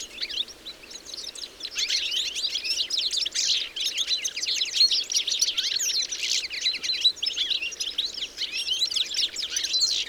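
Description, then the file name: European goldfinch giving rapid tinkling twitters and short trills, continuous throughout and quieter at the start. "Carduelis carduelis"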